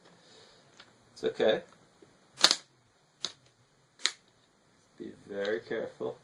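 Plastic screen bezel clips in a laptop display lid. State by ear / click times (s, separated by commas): released / 2.4 s, 3.2 s, 4.1 s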